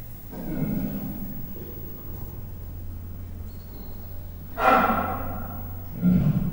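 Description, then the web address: Leopard breathy huffs and snorts, rough and uneven, with a louder exhalation near the end, over a steady low hum. Captive leopard at a zoo in Miskolc, 2009, while feeding; growling and barking. "miskolcizoo 2009 leopard falatozas morgasvakkantas kolyokcsipogasa"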